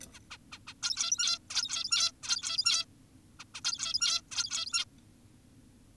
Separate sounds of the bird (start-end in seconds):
0.14-0.19, 0.31-0.38, 0.52-0.59, 0.68-0.74, 0.83-1.39, 1.50-2.12, 2.23-2.85, 3.40-3.44, 3.55-3.61, 3.65-4.22, 4.32-4.85